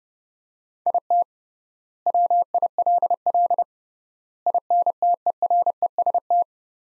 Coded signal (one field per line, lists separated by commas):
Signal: Morse code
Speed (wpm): 32 wpm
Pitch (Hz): 700 Hz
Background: none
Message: IT WILL INTEREST